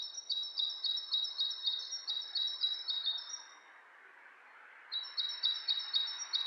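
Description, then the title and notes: Bird call, a fast train of evenly repeated high notes, pausing briefly before resuming, over background hiss. Two birds interacting with each other, lo-fi. "bird dialogs. lo-fi recording of two birds interacting"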